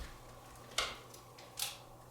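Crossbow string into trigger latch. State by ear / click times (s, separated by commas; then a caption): seated / 0.8 s. While cocking an Excalibur TwinStrike crossbow, the second side is brought up with the cocking mechanism until the string catches in the trigger latch. A sharp small click at 0.8 s marks the string seating home in the latch, followed by a quieter click at 1.6 s.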